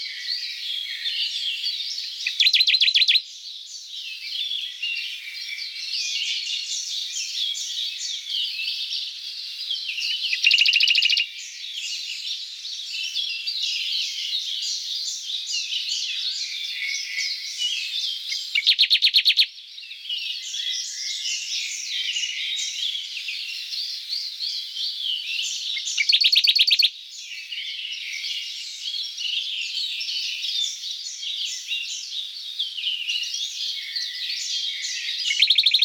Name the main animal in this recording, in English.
Radde's Warbler